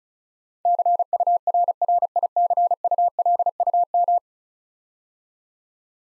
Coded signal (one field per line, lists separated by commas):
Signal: Morse code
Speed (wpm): 36 wpm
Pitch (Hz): 700 Hz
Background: none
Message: CURRICULUM